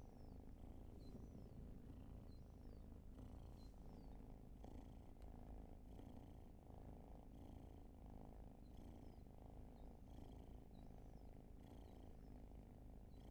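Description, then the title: Cat purring, a constant low rumble, with occasional faint bird chirps and a brief click. Long purring session, raw field recording. "Field Recs Purrathon RAW"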